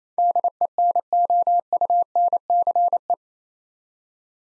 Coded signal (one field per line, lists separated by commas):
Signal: Morse code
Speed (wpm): 28 wpm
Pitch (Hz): 700 Hz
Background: none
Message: DENOUNCE